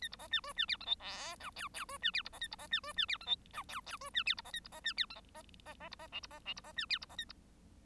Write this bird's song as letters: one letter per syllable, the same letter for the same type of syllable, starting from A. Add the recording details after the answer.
A B C D E D F G H I J K K E D F B C A B C D E D F G H J K K E D F B C A B C D F G C C C B C L B C L B C D F B C A B. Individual Bird1